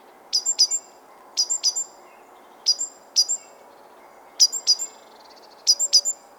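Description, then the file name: Great tit: high, clipped chirps in pairs and triplets, repeated at uneven intervals of about one second over a low background hum. "Parus major"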